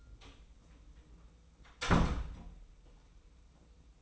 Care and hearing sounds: daily activity, microphone in the room; close door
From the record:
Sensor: 1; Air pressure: 990.5 hPa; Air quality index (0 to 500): 157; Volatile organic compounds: 1000 ppm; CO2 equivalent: 5699 ppm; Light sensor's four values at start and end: 33/74/32/34 and 33/75/32/35

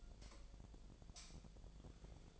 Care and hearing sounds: daily activity, microphone in the room; light off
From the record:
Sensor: 5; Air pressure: 1009.8 hPa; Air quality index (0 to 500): 159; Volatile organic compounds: 4 ppm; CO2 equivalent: 1550 ppm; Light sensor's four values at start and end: 146/374/156/166 and 145/372/155/165

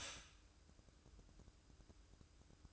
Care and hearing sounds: daily activity, microphone in the room; stop toaster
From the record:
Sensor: 2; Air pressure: 1007.1 hPa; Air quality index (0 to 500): 38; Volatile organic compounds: 1 ppm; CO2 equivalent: 536 ppm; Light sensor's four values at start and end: 6/14/6/6 and 6/14/6/6

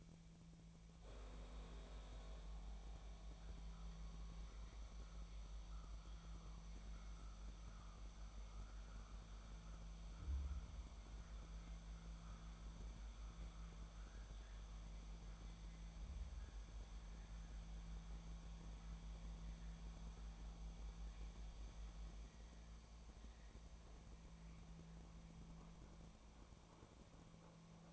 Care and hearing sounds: daily activity, microphone in the room; make coffee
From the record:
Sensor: 1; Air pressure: 1000.4 hPa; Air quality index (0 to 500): 148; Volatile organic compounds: 3 ppm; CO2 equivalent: 1390 ppm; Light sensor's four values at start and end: 29/73/31/37 and 30/74/31/38

